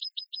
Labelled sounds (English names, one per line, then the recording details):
Yellowhammer song
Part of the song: start
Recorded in the Czech Republic on 26 June 2014
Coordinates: 49.846, 13.948
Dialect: BhBl
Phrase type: B34
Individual h026